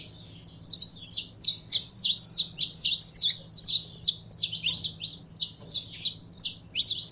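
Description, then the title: Canary singing a dense, continuous stream of high, rapid trills and warbled notes, phrases running together with hardly a break; faint low hum beneath. Song of a purebred Belgian canary. "Canto Do Canário Belga Puro"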